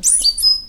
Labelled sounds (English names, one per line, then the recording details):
Stitchbird song
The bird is a male
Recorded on Tiritiri Matangi Island, New Zealand, in 2005
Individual 11, of nest box 13